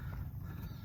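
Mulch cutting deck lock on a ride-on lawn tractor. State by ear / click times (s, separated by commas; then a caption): not seated / none. The 38-inch mulch cutting deck of a John Deere LX277 ride-on lawn tractor, hinged on both the left and right sides, is being rotated up so its metal lock can slot into place on the mower. Only a steady low rumble is heard, with no sharp sounds. Nothing has seated or clicked yet.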